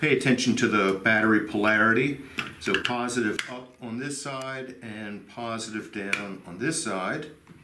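Someone talks while two batteries sit in place in an underwater phone housing, with the battery compartment cover being handled before it goes on. Only speech is heard, with no distinct clicks or impacts. The cover has not seated or clicked into place yet.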